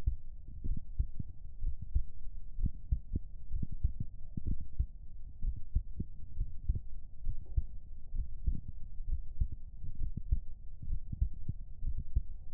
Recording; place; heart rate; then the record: heart sounds by stethoscope; pulmonary valve (PV); 64 bpm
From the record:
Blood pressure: 100/65 mmHg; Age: 30 years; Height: 165 cm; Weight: 52 kg